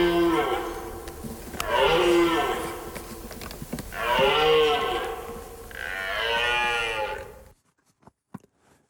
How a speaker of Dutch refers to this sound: Dat laatste geluid heb ik in mijn leven nog nooit echt gehoord. Maar ik neem maar dat het een hert is. En de geluiden daaromheen waren in ieder geval de geluiden van het bos.